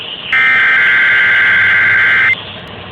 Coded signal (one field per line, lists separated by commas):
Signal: Emergency Alert System (SAME) tones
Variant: header bursts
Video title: EAS High Wind Warning On AM Radio (oops...)